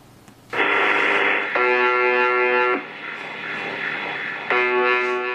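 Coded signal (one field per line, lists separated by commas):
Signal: channel marker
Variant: UVB-76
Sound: radio hiss, then harsh buzzes about a second long, repeating every few seconds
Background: radio static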